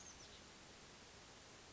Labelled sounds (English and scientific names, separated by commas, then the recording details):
Oak Titmouse (Baeolophus inornatus)
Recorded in Sonoma County, California